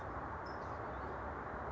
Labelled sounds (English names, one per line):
California Towhee